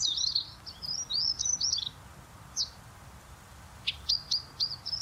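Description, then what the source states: Bluethroat song with mimicry: a quick burst of high twittering notes, a lone note, then a series of sharp chips repeated about every quarter second. Bluethroat imitating a blackbird's alarm call within its song.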